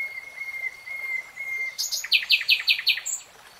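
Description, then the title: Nightingale song: a long thin steady whistle, then a rapid series of about five loud, evenly repeated notes. Nightingale singing in real time. "[Tiếng chim hót] 3 Hours REALTIME Nightingale Singing"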